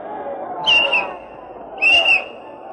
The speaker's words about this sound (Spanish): Desearía que me dejasen tocar una canción de despedida con este silbato.